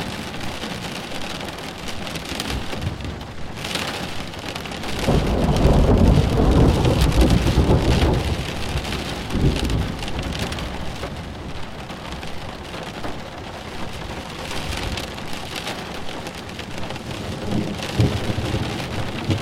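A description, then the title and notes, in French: A thunderstorm heard from shelter, with steady rain pattering throughout. Around five seconds a deep roll of thunder swells and rumbles for several seconds before fading, and a lighter rumble returns near the end under the dense, even hiss of rainfall. A l'abri d'un orage. À l'abri d'un orage bercé par les sons de la nature.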